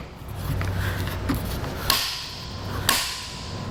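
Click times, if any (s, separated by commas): 1.9 s, 2.9 s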